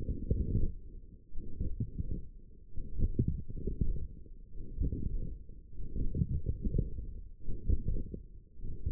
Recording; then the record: forearm muscle sounds (acoustic myography)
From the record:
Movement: forearm supination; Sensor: system 1, eight BSWA MPA416 microphones around the upper forearm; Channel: 3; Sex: male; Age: 42 years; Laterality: right